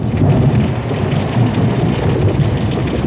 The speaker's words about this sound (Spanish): ¡El diluvio! Fue cuando de repente llovió tanto que parecía que estuviéramos bajo una catarata. Toda la casa se estremeció, sacudida por algo, como por un temblor de tierra, levantándose un oleaje en el agua que cubría el suelo,